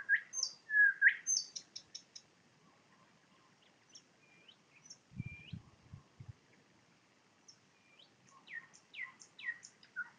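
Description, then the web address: Nightingale song: loud rich whistled notes, then softer scattered upslurred whistles and short rising phrases, with a brief low rumble midway. Recorded in Poland with a parabolic microphone. "nagranie na paraboloid spiew slowika"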